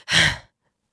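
An adult imitates a child's sigh: a single breathy exhale lasting under half a second. The child, ill with COVID-19, sighed suddenly a day or two into the illness. It was a sigh from anxiety and stress after a week in isolation, not a breathing problem, and oxygen saturation was 100%.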